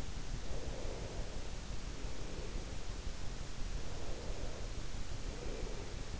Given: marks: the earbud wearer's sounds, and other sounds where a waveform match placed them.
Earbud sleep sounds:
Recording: sounds in sleep by an in-ear microphone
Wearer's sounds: breath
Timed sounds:
0.38-2.71 s: breath
3.84-6.14 s: breath

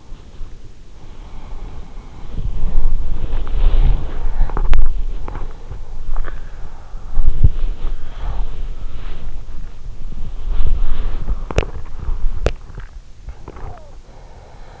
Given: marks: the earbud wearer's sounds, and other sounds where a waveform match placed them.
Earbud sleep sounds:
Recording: sounds in sleep by an in-ear microphone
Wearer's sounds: body movement, teeth grinding, swallowing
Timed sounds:
0.29-14.58 s: body movement
4.46-5.44 s: teeth grinding
10.80-12.04 s: teeth grinding
12.30-14.80 s: swallowing

